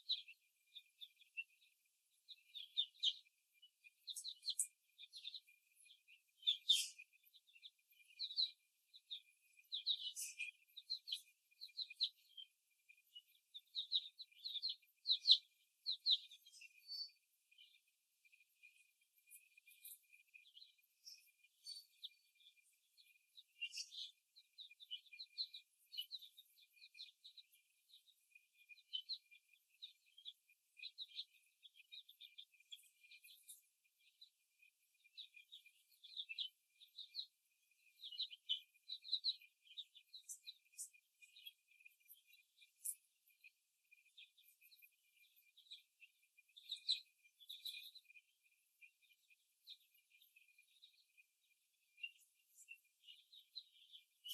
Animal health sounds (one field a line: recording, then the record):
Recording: young laying hens in a cage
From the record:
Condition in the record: before the stressor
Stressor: simulated dog barking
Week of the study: 1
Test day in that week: 2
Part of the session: 1